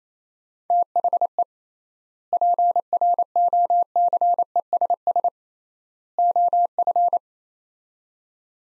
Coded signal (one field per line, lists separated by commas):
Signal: Morse code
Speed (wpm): 28 wpm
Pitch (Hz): 700 Hz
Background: none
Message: THE PROCESS OF